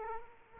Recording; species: mosquito wingbeat signal from an infrared sensor; Culex quinquefasciatus